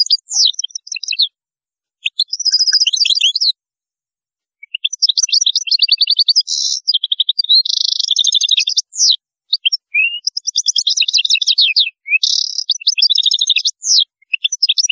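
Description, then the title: European goldfinch singing long, continuous runs of bright twittering with buzzy, nasal notes and quick trills, pausing briefly between bursts. "Chant Chardonneret"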